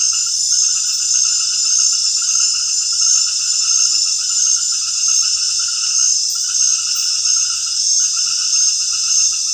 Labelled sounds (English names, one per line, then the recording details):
none
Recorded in secondary vegetation near Puerto Asís, Putumayo, Colombia, on 29 June 2025 at 19:00
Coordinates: 0.498, -76.327
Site GP09